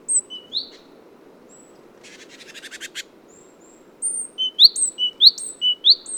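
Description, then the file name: Great tit calls: scattered thin high whistled notes, then a dry buzzy rattling chatter of about a second, followed by a burst of sharp whistled notes in quick succession. "Parus major"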